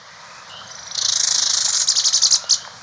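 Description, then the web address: White-sided flowerpiercer giving a high, thin twittering trill, ending in several separate sharp notes, after faint soft notes. Recorded in Ecuador. "Birds of Ecuador. White-sided Flowerpiercer"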